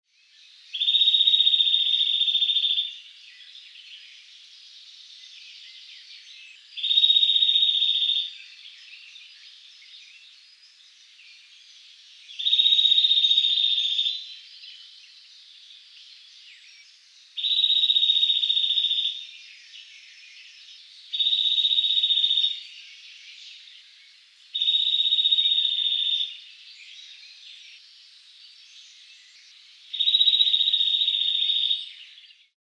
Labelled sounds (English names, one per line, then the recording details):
Eurasian Nuthatch
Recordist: Frommolt, Karl-Heinz
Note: Gesang: Trillern